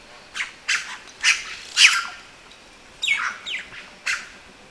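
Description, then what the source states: Red-rumped cacique uttering a rapid series of loud, grating squawks, four in quick succession, a short gap, then three more. Recorded on 19 September 2011.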